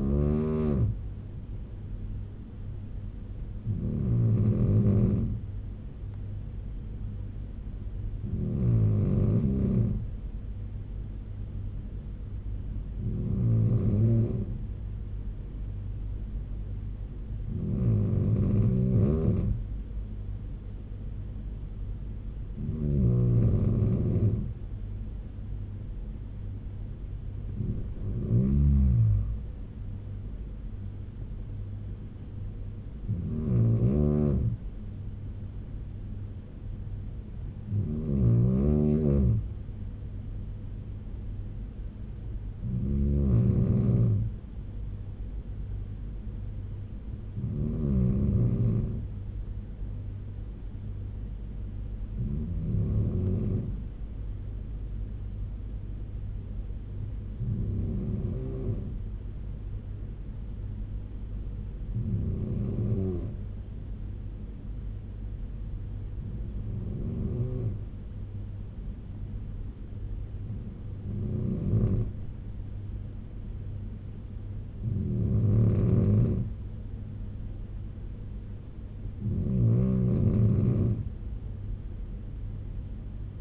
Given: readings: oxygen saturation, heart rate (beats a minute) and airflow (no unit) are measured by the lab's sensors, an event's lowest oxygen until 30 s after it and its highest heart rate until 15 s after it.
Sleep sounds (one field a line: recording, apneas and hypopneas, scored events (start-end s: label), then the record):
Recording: breathing in sleep by a smartphone at the bedside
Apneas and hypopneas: none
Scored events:
none scored
From the record:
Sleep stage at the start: N2 (light sleep)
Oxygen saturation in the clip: 93 to 96%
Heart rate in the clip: 62 to 83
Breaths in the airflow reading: 18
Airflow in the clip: -6.5 to 8.6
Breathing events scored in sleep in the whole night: 201 in 6.5 hours asleep